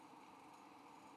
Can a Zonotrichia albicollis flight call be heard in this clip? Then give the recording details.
no. No flight call is heard. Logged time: 04:54 on 5 December 2014